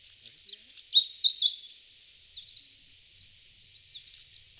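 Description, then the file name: European robin song: faint high ticks, then a bright burst of thin, sliding whistled notes around one second, followed by quieter scratchy high phrases near two and a half and four seconds. "Erithacus rubecula"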